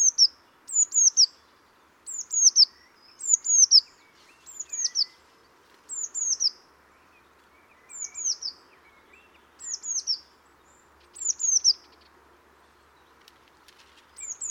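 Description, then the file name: Eurasian blue tit calls: high, thin descending notes in quick clusters of two or three, repeated at irregular intervals, over a faint steady hum. "Cyanistes caeruleus"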